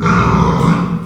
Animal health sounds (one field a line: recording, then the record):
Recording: squeal of a Yucatan mini pig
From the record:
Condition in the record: after surgery on the right vocal fold (resection and tissue-engineered implant)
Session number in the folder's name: 16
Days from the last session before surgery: 183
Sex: female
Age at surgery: 19 weeks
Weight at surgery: 25 kg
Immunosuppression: prednisolone